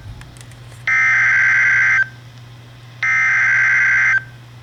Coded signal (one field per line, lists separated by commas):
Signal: Emergency Alert System (SAME) tones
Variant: header bursts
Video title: Flash Flood Warning - EAS #231